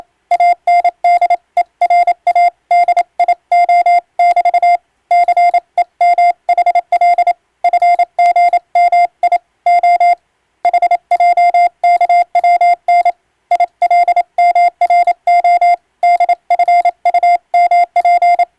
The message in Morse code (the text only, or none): ANDERADIO<BT> CEMHL FGMIO HJKWN ILMRO DFUMP